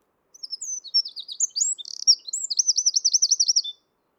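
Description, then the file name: Eurasian wren delivering one energetic song phrase of about three seconds: shrill varied notes, a short buzz, then a fast repeated trill. "Troglodytes troglodytes"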